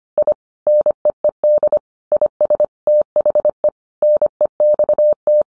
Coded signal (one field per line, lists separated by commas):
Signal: Morse code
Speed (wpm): 25 wpm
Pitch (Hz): 600 Hz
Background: none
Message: I NEED IS THE NEXT